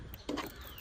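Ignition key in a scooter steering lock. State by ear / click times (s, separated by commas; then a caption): not seated / none. An ignition key is pressed and turned in the steering (handle) lock of a 2023 Jupiter 110 cc BS 6 scooter. Over steady low background noise, brief sharp handling sounds come at about 0.1 s and 0.3 s, but nothing has seated or locked yet when the clip ends. This scooter's handle lock does not engage very smoothly.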